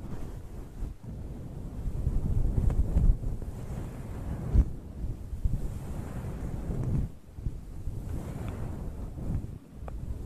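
An ear massage trigger: a dense, muffled rubbing and rumbling, heavy in the low end, that swells and ebbs like wind or surf. Brief gaps break it near 1, 4.5, 7 and 9.5 seconds, and a few small clicks and taps surface along the way.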